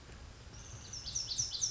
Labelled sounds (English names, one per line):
Pacific Wren